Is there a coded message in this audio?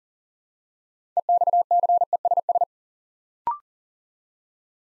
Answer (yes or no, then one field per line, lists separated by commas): yes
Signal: Morse code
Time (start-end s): 1.2-2.6 s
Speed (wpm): 38 wpm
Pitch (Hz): 700 Hz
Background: none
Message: EXCESS